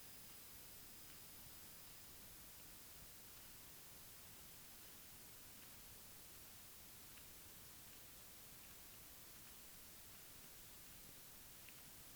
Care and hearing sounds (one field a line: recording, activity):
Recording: daily activity, guitar pickup as the sensor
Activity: walk